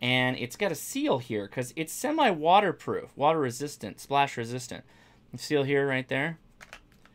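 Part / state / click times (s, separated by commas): rubber connector seal into handheld radio housing / seated / 6.6 s, 6.7 s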